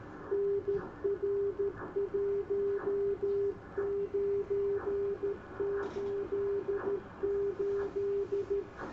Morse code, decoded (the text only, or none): NR1988